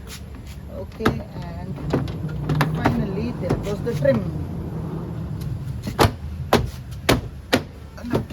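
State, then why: Seated. Plastic door trim is pushed home onto a car door during a door lock actuator motor replacement, and someone talks at the start. Several loud, sharp clip snaps ring out at 6.5, 7.1 and 7.5 seconds as the trim locks into place.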